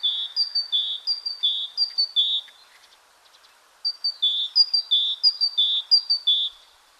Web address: большая-синица